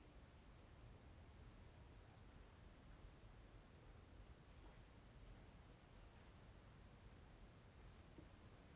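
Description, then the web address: Crickets chirp in an unbroken high, buzzy trill, accompanied by a low, constant background rumble. Daytime ambience on a riverbank in the forest, with steady, uniform crickets, in Tocantins. "Ambiente na beira do rio na mata com passaros e grilos homogeneos dia. local tocantins"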